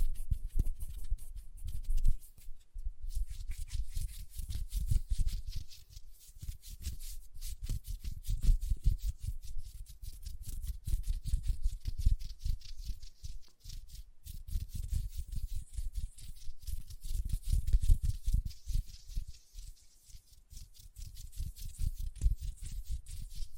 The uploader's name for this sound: Hand Sounds, Nail Tapping and Lotion Sounds